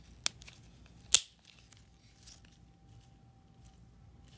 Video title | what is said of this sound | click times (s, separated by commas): How to Put Storage Clips on 564, 920, 902, 934 and 935 Cartridges | a następnie dobrze klikniesz, dobrze pchniesz na górze. | 0.3 s, 1.1 s